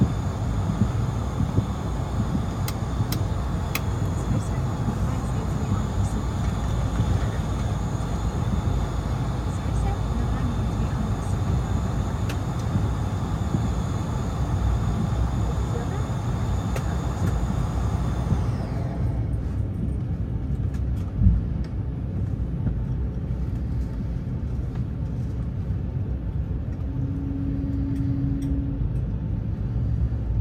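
Steady low engine roar fills a flight cabin with faint murmuring and clicks; around nineteen seconds the brighter high hiss drops away.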